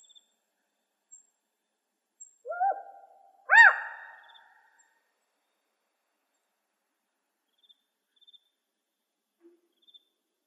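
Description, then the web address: Spotted owl calls: a hoarse rising bark followed a second later by a louder, ringing upslurred note with a rough tail; faint high insect chirps around. Recorded in Arizona, May 31, 2006. "Owls SPOW. deviche"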